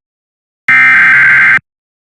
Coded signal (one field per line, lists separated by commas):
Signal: Emergency Alert System (SAME) tones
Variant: header bursts